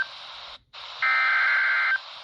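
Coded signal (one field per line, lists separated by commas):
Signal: Emergency Alert System (SAME) tones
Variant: header bursts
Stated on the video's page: Real NOAA weather radio flash flood warning from Mount Jefferson, NC on 162.500 MHz, received about 82 miles away on a RadioShack 12-254.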